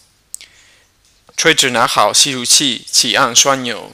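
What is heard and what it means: A plastic inhaler mouthpiece is closed onto the capsule inhaler base after a capsule has been placed in the chamber, and it snaps shut with a sharp click at 0.3 s, seating in place. Someone then talks.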